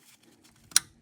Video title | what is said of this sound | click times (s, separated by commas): Ford Superduty 6.7L Powerstroke Serpentine Belt, Tensioner, And Idler Pulleys Replacement How-To | Make sure it clicks, and then you can press down this | 0.8 s